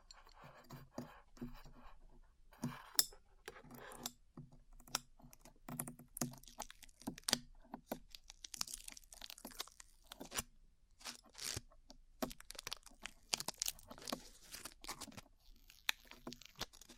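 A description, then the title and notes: Peeling glue off the ears: a run of sticky crackles and short tearing snaps, irregular and quick, some bright and sharp. Brief quiet gaps break the clicking, with louder pops near three, seven and twelve seconds, and faint low tones underneath. ASMR Peeling Glue Off Your Ears (No Talking).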